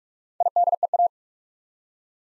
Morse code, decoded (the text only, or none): IDEA